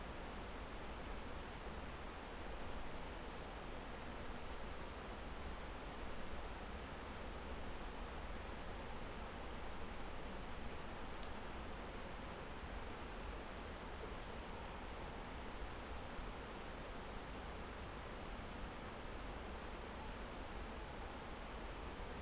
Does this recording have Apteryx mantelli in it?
no